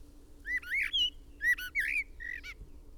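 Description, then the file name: Common blackbird producing a rapid phrase of mellow, looping whistles that swoop up and down, ending in a short sharp note. "Turdus merula"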